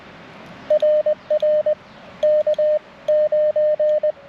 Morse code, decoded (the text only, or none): RR K9